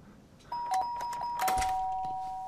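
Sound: doorbell ringing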